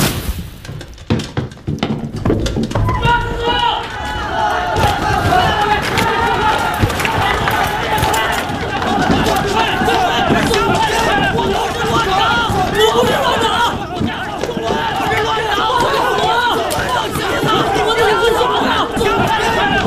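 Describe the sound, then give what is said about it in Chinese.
Palace guards rush into the smoke-filled Hall of Mental Cultivation after a film projector explodes and catches fire: a loud, chaotic commotion with overlapping shouts, hurried footsteps and clattering that builds after a brief sharp start and stays dense and busy throughout. “霎时间，养心殿里面是烟雾弥漫，大内的侍卫闻讯冲了进来。”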